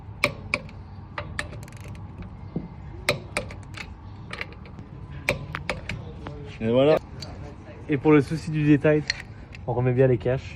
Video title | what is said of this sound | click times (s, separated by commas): Freins Peugeot 407 | Un clic suffit. | 0.2 s, 3.1 s, 5.3 s